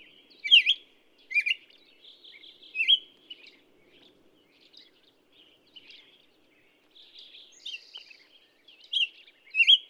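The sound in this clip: Black-headed Grosbeak song, a few rich whistled phrases at the start and end with soft, sparse warbling notes between.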